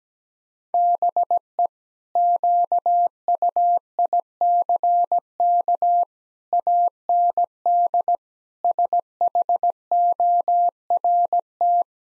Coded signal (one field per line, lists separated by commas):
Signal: Morse code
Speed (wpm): 17 wpm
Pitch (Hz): 700 Hz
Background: none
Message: BE QUICK AND SHORT